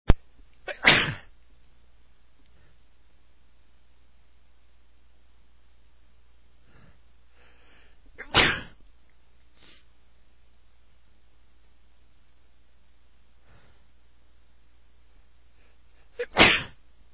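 Three sharp, explosive sneezes, each several seconds apart, from an adult man against a quiet background.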